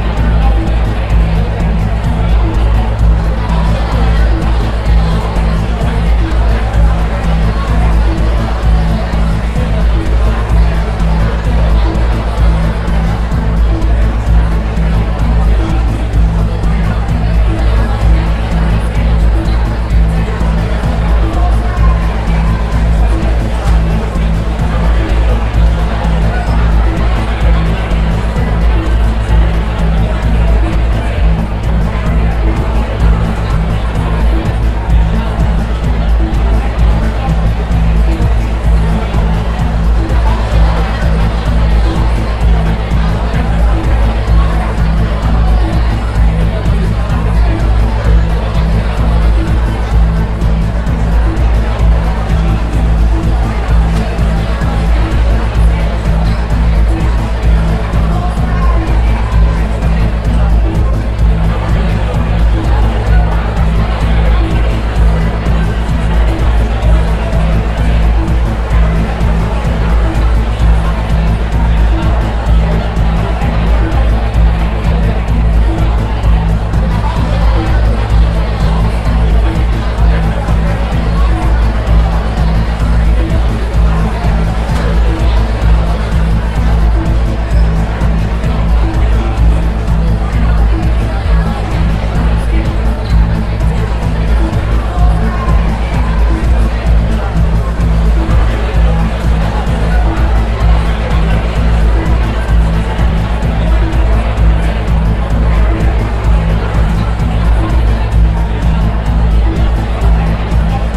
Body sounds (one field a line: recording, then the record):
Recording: background sound without coughing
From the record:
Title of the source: Party Noise 1 Hour Party Ambience